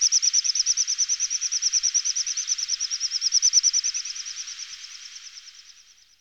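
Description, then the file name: Little bustard giving a fast, high, pulsed whistling, steady at first and then fading away over the last two seconds. "Drop maly Tetrax tetrax"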